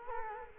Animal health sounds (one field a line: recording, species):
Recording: mosquito wingbeat signal from an infrared sensor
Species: Culex quinquefasciatus